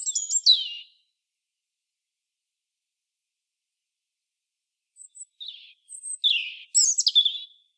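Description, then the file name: European robin song: a high tumbling phrase at the start, a pause of about four seconds, then scattered thin notes building into a bright, warbling phrase. "Erithacus rubecula"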